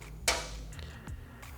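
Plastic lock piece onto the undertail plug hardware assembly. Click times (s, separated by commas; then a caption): 0.3 s. A plastic lock piece from a TST undertail anodized hardware kit for a 2022+ Honda Grom is pressed over the inner lock of the undertail plug hardware assembly. It snaps into place with one sharp, loud click at 0.3 s, followed by a few faint ticks around 0.8 s and 1.1 s over low background hum. The lock is seated.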